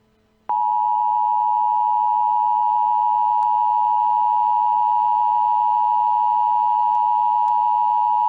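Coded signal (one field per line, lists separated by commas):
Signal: Emergency Alert System (SAME) tones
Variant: 853 and 960 Hz attention tone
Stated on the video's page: Fictional nuclear warhead EAS scenario.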